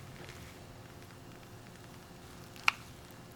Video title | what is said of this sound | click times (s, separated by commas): 2019 Honda Pilot Brake Pads & Rotors Replacement – Front & Rear, Power Stop | Okay. Pops right in. | 2.7 s